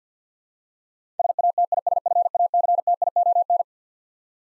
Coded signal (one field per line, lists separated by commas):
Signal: Morse code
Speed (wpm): 50 wpm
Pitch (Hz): 700 Hz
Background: none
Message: SATISFACTION